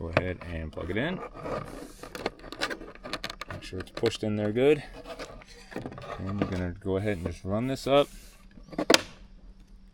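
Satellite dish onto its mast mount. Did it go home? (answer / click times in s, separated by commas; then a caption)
yes / 8.9 s. A Starlink satellite dish is slid up onto its pole mount mast while someone talks, with some handling and scraping sounds along the way. It snaps and locks in place with a sharp, loud hit at 8.9 seconds, and the dish is seated on its mast mount.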